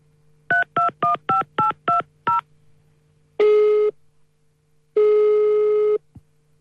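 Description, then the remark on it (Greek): Seven quick telephone keypad dialing tones beep in a brisk, even sequence as someone calls a neighbour, followed by two longer, louder tones with a pause between them. A faint low hum runs underneath, and no one speaks. “Για να πάρω κανένα γείτονα.”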